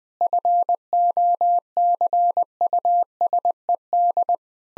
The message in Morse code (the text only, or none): FOCUSED